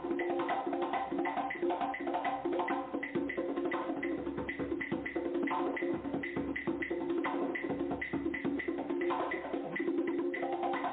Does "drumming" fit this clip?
yes